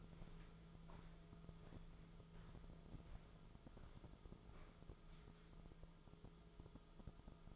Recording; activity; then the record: daily activity, microphone in the room; walk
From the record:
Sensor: 5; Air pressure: 1005.6 hPa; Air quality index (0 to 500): 92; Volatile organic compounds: 2 ppm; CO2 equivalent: 1128 ppm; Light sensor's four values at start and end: 33/76/30/29 and 33/77/31/29